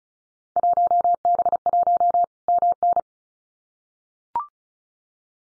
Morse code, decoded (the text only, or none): 1B1 MN